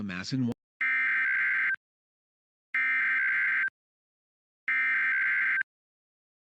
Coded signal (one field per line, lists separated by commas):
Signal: Emergency Alert System (SAME) tones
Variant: header bursts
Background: speech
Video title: Cryoblind: An EAS Scenario